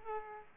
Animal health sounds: mosquito wingbeat signal from an infrared sensor; Aedes aegypti

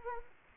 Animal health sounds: mosquito wingbeat signal from an infrared sensor; Anopheles arabiensis

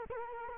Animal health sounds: mosquito wingbeat signal from an infrared sensor; Culex quinquefasciatus

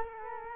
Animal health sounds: mosquito wingbeat signal from an infrared sensor; Culex quinquefasciatus

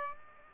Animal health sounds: mosquito wingbeat signal from an infrared sensor; Aedes aegypti

